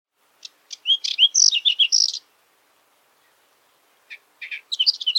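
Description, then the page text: Whinchat singing a quick jumble of high, scratchy, warbled notes lasting under two seconds, then a gap and a new phrase starting with separate chirps. Bird of Russia. "Звуки Лугового Чекана (Saxicola rubetra)"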